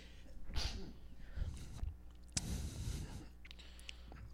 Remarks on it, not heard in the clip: That was an impressive phantom sneeze. I didn't hear that, and you have, like, a microphone in your hand. I moved the microphone away.